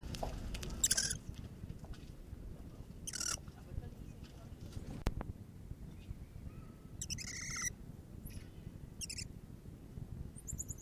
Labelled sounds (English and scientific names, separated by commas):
Red-crowned Titi (Callicebus cupreus) call